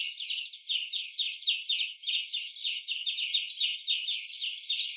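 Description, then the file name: European greenfinch uttering fast, repeated chirpy notes, roughly three or four per second, with faint high thin sounds appearing toward the end. "Chloris chloris"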